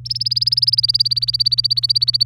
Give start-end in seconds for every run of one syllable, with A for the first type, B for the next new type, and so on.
0.05-2.23 A